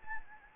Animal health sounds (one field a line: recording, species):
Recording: mosquito wingbeat signal from an infrared sensor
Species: Anopheles gambiae